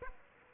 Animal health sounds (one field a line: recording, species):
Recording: mosquito wingbeat signal from an infrared sensor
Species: Aedes aegypti